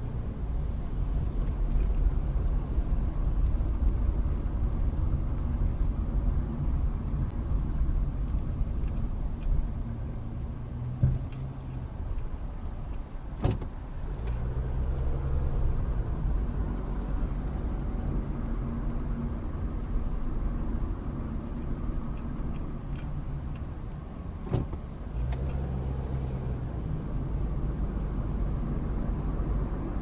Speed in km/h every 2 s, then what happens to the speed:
19, 23, 21, 19, 11, 10, 6, 16, 23, 24, 19, 8, 15, 24, 31.
2-12 slows to 6. 12-18 speeds up to 24. 18-23 slows to 8. 23-30 speeds up to 31.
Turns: 9-17.